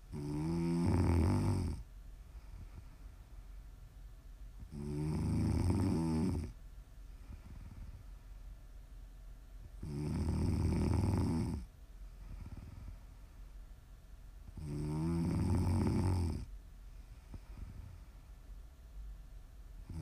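Four loud, low, rumbling snores come at a steady pace of about 12 breaths a minute. Each lasts one to two seconds, with quiet breathing between. This is ordinary sleep snoring in an adult.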